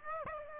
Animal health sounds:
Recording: mosquito wingbeat signal from an infrared sensor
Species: Aedes aegypti

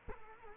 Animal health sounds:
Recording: mosquito wingbeat signal from an infrared sensor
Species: Culex quinquefasciatus

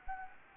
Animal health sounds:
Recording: mosquito wingbeat signal from an infrared sensor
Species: Anopheles gambiae

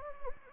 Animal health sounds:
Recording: mosquito wingbeat signal from an infrared sensor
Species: Anopheles gambiae

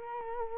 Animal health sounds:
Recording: mosquito wingbeat signal from an infrared sensor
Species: Culex quinquefasciatus

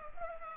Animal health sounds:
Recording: mosquito wingbeat signal from an infrared sensor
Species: Culex pipiens

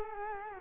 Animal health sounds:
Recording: mosquito wingbeat signal from an infrared sensor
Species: Culex quinquefasciatus

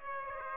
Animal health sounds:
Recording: mosquito wingbeat signal from an infrared sensor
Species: Aedes aegypti

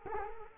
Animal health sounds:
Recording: mosquito wingbeat signal from an infrared sensor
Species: Culex quinquefasciatus

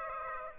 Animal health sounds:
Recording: mosquito wingbeat signal from an infrared sensor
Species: Aedes aegypti

